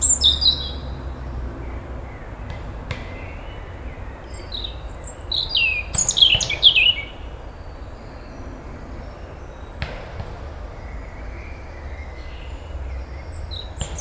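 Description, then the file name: European robin singing short high warbled phrases, a denser tumbling burst midway, with clicks and low background noise. "Erithacus rubecula"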